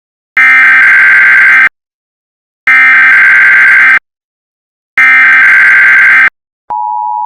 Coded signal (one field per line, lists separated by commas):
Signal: Emergency Alert System (SAME) tones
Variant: header bursts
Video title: The Event (An EAS Scenario)